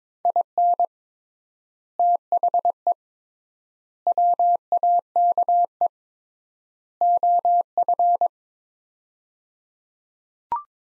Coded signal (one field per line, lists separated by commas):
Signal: Morse code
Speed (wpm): 22 wpm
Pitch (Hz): 700 Hz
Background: none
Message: IN THE WAKE OF